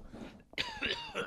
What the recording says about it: Still some coughing. I don't know when that's going to end. But there's still that little tickly throat thing, the little feather feeling in the throat after you've had a little bit of a cold or I don't even know what I had. I never felt bad. It's just an irritant.